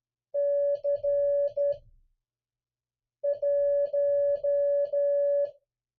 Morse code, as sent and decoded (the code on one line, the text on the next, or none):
-.-. / .----
C 1